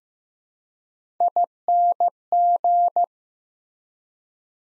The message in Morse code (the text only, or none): ING